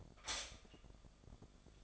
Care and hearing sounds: daily activity, microphone in the room; stop toaster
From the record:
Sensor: 5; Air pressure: 1004.3 hPa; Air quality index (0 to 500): 166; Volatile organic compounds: 4 ppm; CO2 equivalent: 1563 ppm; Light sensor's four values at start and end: 34/108/41/40 and 34/108/41/40

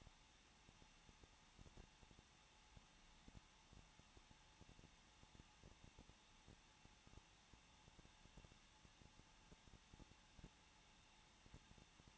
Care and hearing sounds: daily activity, microphone in the room; no activity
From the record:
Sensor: 1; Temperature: 20.1 degrees Celsius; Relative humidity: 39.4%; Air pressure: 1006.4 hPa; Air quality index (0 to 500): 219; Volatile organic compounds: 81 ppm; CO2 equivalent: 3618 ppm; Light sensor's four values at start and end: 1/2/1/1 and 1/2/1/1

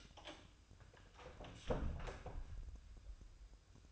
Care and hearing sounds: daily activity, microphone in the room; close door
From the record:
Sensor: 2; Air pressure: 1004.8 hPa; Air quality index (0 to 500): 74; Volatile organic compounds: 1 ppm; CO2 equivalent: 884 ppm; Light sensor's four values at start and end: 7/17/7/7 and 7/17/7/7

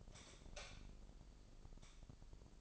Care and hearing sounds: daily activity, microphone in the room; light off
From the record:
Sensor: 5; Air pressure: 995.5 hPa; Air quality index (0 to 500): 95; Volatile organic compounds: 5 ppm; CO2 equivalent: 1799 ppm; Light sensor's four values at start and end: 36/86/35/35 and 35/81/33/33

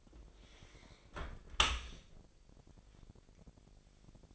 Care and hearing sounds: daily activity, microphone in the room; close dishwasher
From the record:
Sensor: 5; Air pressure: 1000.6 hPa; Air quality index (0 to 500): 249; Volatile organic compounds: 35 ppm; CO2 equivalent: 3058 ppm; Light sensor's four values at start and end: 31/71/28/27 and 32/73/29/27

